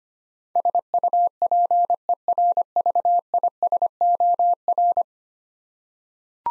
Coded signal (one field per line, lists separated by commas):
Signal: Morse code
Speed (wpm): 25 wpm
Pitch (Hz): 700 Hz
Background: none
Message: SUPERVISOR